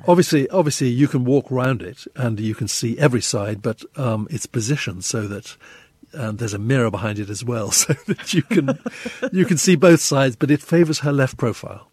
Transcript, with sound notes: Yeah. Obviously, you can walk around it, and you can see every side. But it's positioned so that - there's a mirror behind it as well so that you can...
(LAUGHTER)
You can see both sides, but it favors her left profile.